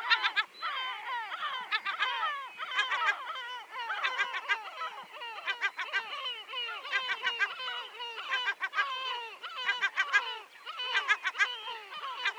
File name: Goéland leucophée (Larus michahellis) - Nombreux oiseaux divers cris